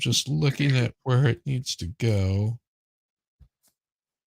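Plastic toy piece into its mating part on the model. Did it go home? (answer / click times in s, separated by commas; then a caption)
no / none. Someone talks while lining up a plastic piece of a new toy or 3D-printed model with its mating part, looking for where it needs to go before pushing it into place. After the talking, the rest is quiet apart from two faint, brief sounds near 3.4 and 3.7 seconds; nothing has seated or clicked yet.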